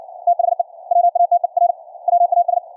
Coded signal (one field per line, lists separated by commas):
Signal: Morse code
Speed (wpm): 60 wpm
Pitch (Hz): 700 Hz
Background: none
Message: THE WATER WAS